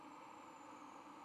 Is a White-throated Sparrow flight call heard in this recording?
no